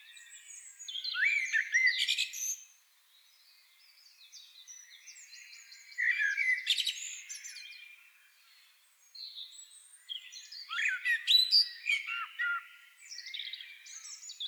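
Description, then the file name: Common blackbird song: three loud fluting phrases about five seconds apart, each ending in thin, high, squeaky twittering. "Turdus merula"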